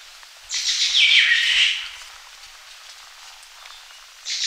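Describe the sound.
Malia uttering a harsh, buzzy, downward-sliding call of about a second, with a second call just starting at the end.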